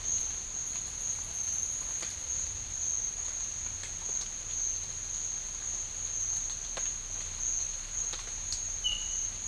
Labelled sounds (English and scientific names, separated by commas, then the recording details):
none
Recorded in dense forest near Puerto Asís, Putumayo, Colombia, on 9 March 2025 at 14:30
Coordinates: 0.484, -76.325
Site G045